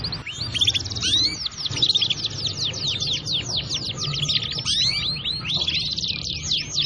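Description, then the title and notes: Atlantic canary singing a fast flowing stream of high swooping whistles and rolling trills, nearly without pause, over a soft low hum. Song used to lure birds. "Pikat Burung Baru. kenari"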